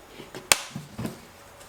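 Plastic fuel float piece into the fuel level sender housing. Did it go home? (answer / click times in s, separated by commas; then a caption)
yes / 0.5 s. A plastic fuel float piece from a KTM 1190/1290 fuel-level sender is pushed back into the sender housing, with a small screwdriver if needed, after its arm has been straightened with needle-nose pliers. A soft tap at 0.3 s leads to a sharp, bright snap at 0.5 s as the piece seats nice and tight, followed by quieter low thuds around 0.8 s and 1.0 s, with faint music underneath.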